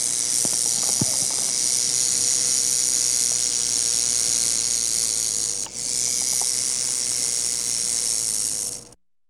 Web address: rattlesnake massasauga rattler rattling animal reptile